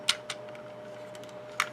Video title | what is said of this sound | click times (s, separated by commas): Transformers - Takara Legends: LG-42 Godbomber and God Ginrai | both sides then bring this down and it will just kind of click | 0.1 s